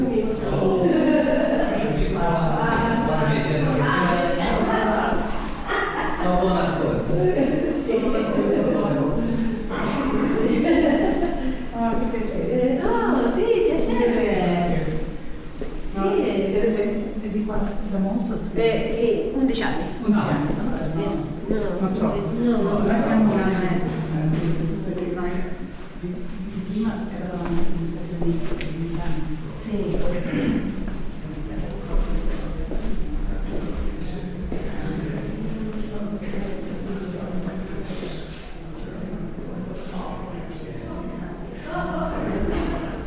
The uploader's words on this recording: Cathedral Ambiance | York Minster. This binaural field recording captures the essence of the cathedral's serene atmosphere.